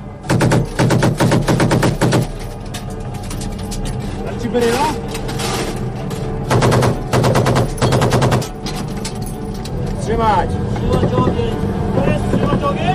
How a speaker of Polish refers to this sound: Atak był rozłożony równomiernie wzdłuż całej trasy naszego przemarszu po Mokurze. Nie był skoncentrowany w jednym miejscu. Z różnych części miasta dostawaliśmy ogień.